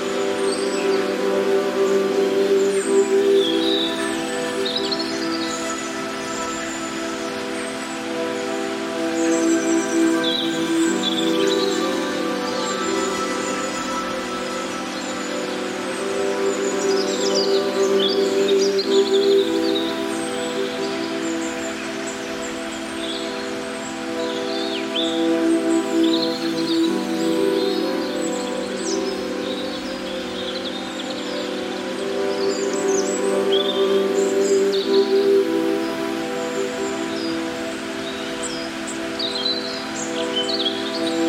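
Birds chirp and trill throughout, scattered bright calls over a soft, steady wash like gently flowing water. Beneath them a sustained low musical drone holds its chords and shifts roughly every eight seconds, giving a slow, even swell.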